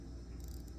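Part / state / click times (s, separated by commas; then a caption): screw-down crown on a watch case crown tube / released / 0.4 s, 0.5 s, 0.7 s. A steel screw-down crown on an automatic watch is unscrewed until it comes off the crown-tube threads and releases. Small ratchet-like clicks sound at 0.4, 0.5, 0.5 and 0.7 seconds over a low, steady background.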